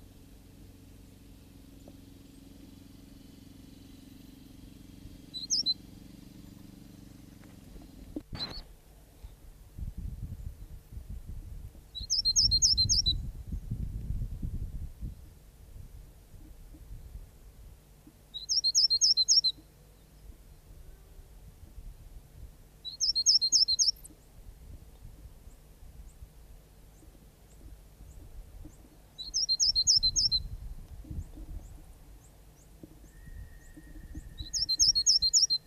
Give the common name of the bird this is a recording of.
Great Tit